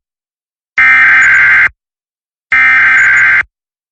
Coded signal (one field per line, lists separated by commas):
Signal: Emergency Alert System (SAME) tones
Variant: header bursts